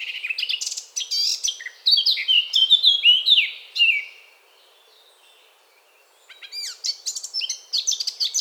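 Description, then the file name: Eurasian blackcap song in two bursts: a rich warble of mixed scratchy and fluty notes, about two seconds of silence, then the song resumes with rapid high notes. "Sylvia atricapilla"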